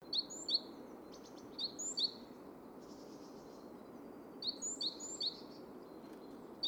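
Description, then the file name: Great tit giving quick groups of high, clipped notes separated by a pause, against constant low background rumble. "Parus major"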